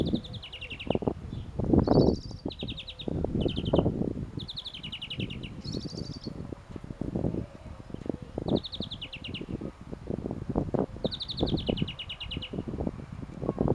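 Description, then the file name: European greenfinch giving quick trilled calls, short rattling bursts of notes repeated at irregular intervals, over steady low rumbling noise throughout. "Chloris chloris"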